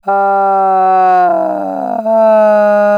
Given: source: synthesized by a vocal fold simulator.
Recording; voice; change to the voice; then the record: sustained vowel; female; asymmetry, level 33 of 51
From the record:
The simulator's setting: 4.20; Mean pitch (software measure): 185 Hz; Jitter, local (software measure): 0.64%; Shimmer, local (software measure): 2.9%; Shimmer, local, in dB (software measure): 0.38 dB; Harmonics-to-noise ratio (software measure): 25.6 dB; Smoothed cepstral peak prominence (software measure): 15.6 dB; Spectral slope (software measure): -23.2 dB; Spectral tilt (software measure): -12.7 dB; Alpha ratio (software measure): -13.6 dB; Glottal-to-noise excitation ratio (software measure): 0.910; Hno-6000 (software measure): 2.6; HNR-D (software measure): 33.3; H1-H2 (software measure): -1.1 dB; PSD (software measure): 1.4e-03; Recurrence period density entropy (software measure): 0.121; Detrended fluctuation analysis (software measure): 0.0235